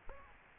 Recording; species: mosquito wingbeat signal from an infrared sensor; Aedes aegypti